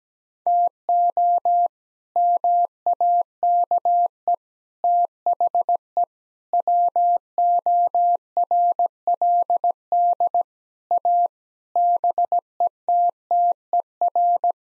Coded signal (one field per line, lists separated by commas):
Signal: Morse code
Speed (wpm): 17 wpm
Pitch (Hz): 700 Hz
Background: none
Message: TO MAKE THE WORLD A BETTER